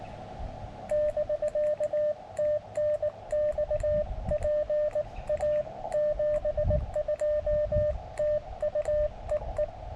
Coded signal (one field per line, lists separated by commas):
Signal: Morse code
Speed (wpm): 19 wpm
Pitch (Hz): 590 Hz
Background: radio noise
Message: <BK> TNX PA 72 TU EE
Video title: Georgia State Parks on the Air Contest Highlights - POTA, Camping, Hiking, Photos, and Gear